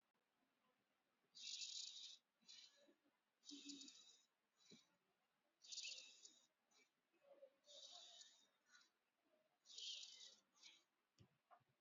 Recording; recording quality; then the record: deep breathing; excellent, no background noise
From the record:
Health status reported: healthy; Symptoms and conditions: breathing difficulty, hypertension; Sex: female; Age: 73 years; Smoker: no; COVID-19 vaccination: both doses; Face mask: worn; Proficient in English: yes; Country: India